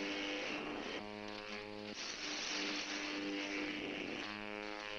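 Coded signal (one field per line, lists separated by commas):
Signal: channel marker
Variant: UVB-76 (The Buzzer)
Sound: two short low harsh buzzes, about a second each, through heavy hiss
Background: radio static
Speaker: j'ai réussi à capter du haut de mon belvédère un signal très faible, c'est vrai, mais un signal quand même de la station UVB 76.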